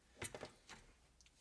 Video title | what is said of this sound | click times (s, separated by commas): CHEVY VOLT BATTERY DIES ! | and attaches. Like, did you hear that click? | 1.2 s